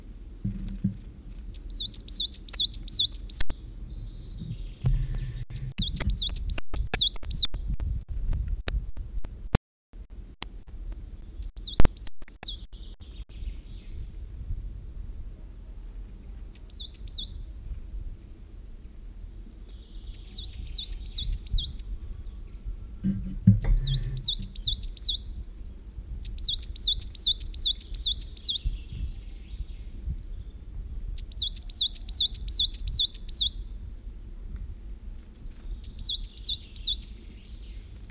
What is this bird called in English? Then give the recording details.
Coal Tit. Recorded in the wild. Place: Schaabe, Insel Rügen, Mecklenburg-Vorpommern, DE. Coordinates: 54.57, 13.45. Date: 1969-04-29. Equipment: NAGRA III BH, Sennheiser MD421, Alu-Reflektor. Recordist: Schubert, Michael. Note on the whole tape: Gesang Tannenmeise, 2 Gesangstypen, MD 421 im Alu-Reflektor